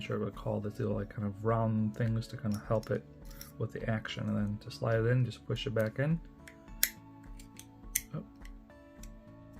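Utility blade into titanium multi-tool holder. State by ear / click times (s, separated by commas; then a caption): seated / 6.8 s, 8.0 s. Someone talks over background music while a utility knife blade is slid and pushed back into a small titanium multi-tool, which takes a little force. Two sharp clicks ring out at 6.8 s and 8.0 s as the blade locks securely in place and is seated.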